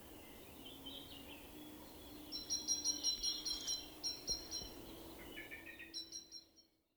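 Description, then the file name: Common blackbird calls: rapid series of sharp, high clicking chinks repeated several times, then a lower run of quicker notes and a final high burst, amid faint background hiss. "Turdus merula"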